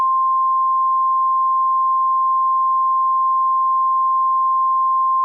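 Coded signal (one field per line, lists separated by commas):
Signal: Emergency Alert System (SAME) tones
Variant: 1050 Hz attention tone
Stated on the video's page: Fictional EAS scenario depicting a second American civil war; a simulated alert, not a real broadcast.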